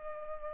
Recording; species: mosquito wingbeat signal from an infrared sensor; Culex pipiens